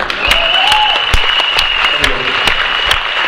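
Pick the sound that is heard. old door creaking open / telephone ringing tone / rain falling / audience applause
audience applause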